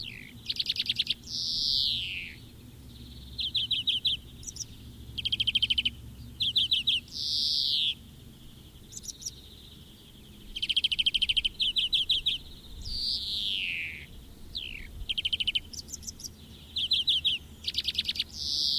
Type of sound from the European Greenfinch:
song